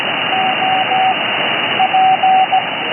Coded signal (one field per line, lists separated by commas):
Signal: Morse code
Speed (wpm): 17 wpm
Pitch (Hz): 760 Hz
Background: radio noise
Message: O P